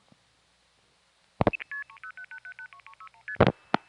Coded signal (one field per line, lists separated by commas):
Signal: multi-frequency trunk signalling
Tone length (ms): 80 ms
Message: 30 361ST